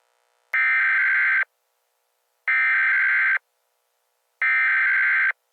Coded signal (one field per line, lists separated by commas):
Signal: Emergency Alert System (SAME) tones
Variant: header bursts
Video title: NUCLEAR ATTACK PRANK WITH INTRO VIDEO! Emergency Alert System!